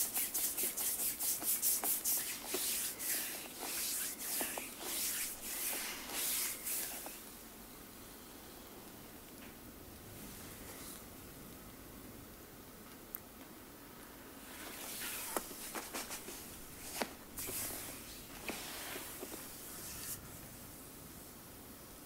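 Hissy rubbing strokes of a full body massage come in quick bursts for the first seven seconds, pause quietly, then resume around fifteen seconds.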